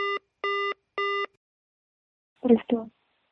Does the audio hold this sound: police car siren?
no